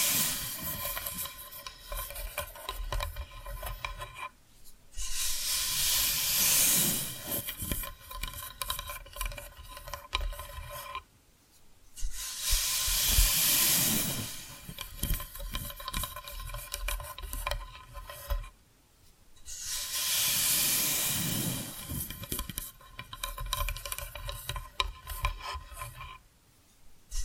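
Scratching and rubbing sounds over a hissy, rasping texture, with faint taps mixed in. The sound runs in repeating cycles of about seven seconds: a brief near-silent pause, then a bright, airy swell of scratching, then busier, softer scraping before the next pause.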